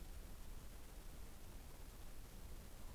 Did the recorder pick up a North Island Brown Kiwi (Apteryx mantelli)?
no